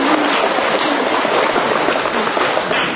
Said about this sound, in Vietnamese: Tôi thấy là cái hình ảnh quá đẹp, quá đẹp. Nhìn thôi chúng ta cho một tràng pháo tay nữa, thật là đẹp.